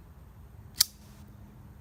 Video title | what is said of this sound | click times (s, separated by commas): Steve Skiff Accomplice (Guest Blade) | but you can hear that snap. | 0.8 s